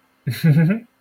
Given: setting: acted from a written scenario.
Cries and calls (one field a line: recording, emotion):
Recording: vocal sound without words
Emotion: amusement